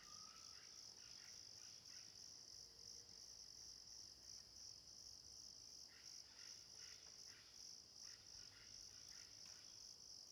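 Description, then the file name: Crickets keep up a continuous high shimmering chorus while a few faint bird calls and a short whistled note sound in the background. Natural forest ambience with crickets and birds. "Ambiencia mata das andorinhas grilos, passaros maritaca longe"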